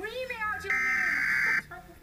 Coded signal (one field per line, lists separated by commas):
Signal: Emergency Alert System (SAME) tones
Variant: header bursts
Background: speech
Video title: National Emergency Alert System EAN Test: 11/9/2011